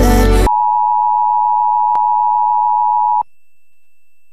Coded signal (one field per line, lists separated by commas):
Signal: Emergency Alert System (SAME) tones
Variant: 853 and 960 Hz attention tone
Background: music